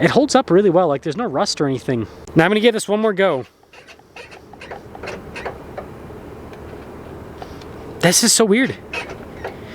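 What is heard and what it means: Someone talks, then tries the tailgate latch on a pickup truck bed a second time, making several light clicks and knocks from about 4.2 to 7.4 seconds. The latch fails to release on this second try, and nothing has clicked open yet. Someone talks again near the end.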